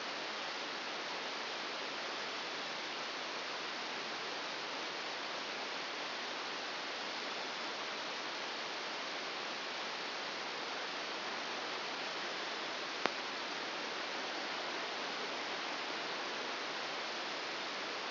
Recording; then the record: brain microelectrode recording played as sound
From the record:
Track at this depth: inside the subthalamic nucleus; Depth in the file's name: 4.208 mm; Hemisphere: right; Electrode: 2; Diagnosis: Parkinson's disease